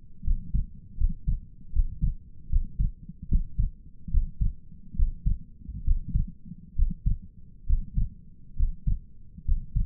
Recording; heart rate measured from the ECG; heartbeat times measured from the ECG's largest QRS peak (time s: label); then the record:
heart sounds by stethoscope; 72 bpm
0.25 s: heartbeat
0.98 s: heartbeat
1.74 s: heartbeat
2.50 s: heartbeat
3.30 s: heartbeat
4.12 s: heartbeat
4.97 s: heartbeat
5.85 s: heartbeat
6.77 s: heartbeat
7.68 s: heartbeat
8.57 s: heartbeat
9.46 s: heartbeat
From the record:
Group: healthy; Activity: breath hold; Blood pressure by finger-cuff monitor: 125/66 mmHg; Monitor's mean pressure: 82 mmHg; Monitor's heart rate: 73 bpm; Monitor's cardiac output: 7.1 L/min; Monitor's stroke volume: 85 mL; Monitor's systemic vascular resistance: 770 dyn s/cm5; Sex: male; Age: 22 years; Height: 181 cm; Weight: 79 kg